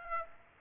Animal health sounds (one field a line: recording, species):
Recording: mosquito wingbeat signal from an infrared sensor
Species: Aedes aegypti